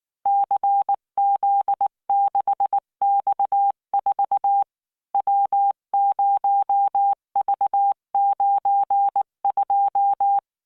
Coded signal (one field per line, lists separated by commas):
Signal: Morse code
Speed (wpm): 19 wpm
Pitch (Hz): 800 Hz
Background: none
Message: CZ6X4 W0V92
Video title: tamanのモールス練習動画15（モールス信号 速度19WPM スペース標準）Learn Morse Code